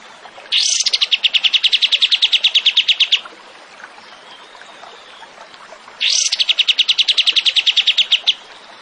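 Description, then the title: Tembakan bird song: two long bursts of rapid, evenly repeated sharp notes, separated by a quiet gap. Masteran, a training recording for songbirds; the bird is described as gacor, singing constantly. "Masteran Burung Tembakan Gacor"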